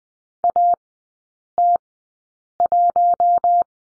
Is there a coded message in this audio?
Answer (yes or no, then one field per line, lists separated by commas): yes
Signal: Morse code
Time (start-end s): 0.4-3.6 s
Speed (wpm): 20 wpm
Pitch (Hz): 700 Hz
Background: none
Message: AT1